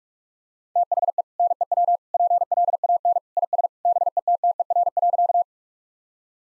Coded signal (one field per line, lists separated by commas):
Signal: Morse code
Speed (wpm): 46 wpm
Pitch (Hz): 700 Hz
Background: none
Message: THE NEW PLAN IS BETTER.